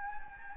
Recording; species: mosquito wingbeat signal from an infrared sensor; Anopheles gambiae